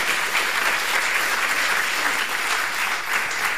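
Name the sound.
audience applause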